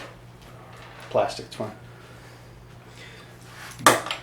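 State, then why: Seated. A plastic mounting clip for a Kraus drop-in kitchen sink is pushed onto its spot on the underside rail of the sink rim. Someone talks briefly, then a sharp snap at 3.9 s marks the clip seating in place.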